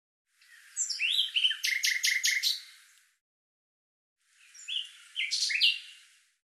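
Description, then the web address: Bird song in two bursts: rising chirps leading into a fast series of sharp, evenly spaced notes, then a shorter, sweeping phrase after a pause. "cianscape birddata Deverinetal 2025 Bird Lu Me Lu Me"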